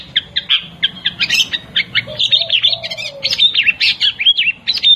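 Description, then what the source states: Long-tailed shrike singing a fast, varied medley of sharp chirps, trills and swooping whistled notes without pause, with a soft lower whistled phrase in the middle. Song in the combination style, locally called cendet kombinasi.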